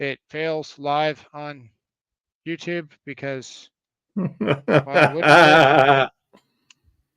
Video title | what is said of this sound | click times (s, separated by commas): Tools AND LOTS OF THEM!!!!🔴LIVE | we're snapped back in. | 6.7 s